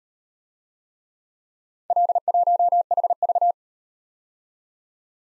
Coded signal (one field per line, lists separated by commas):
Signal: Morse code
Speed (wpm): 38 wpm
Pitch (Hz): 700 Hz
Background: none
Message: L1HV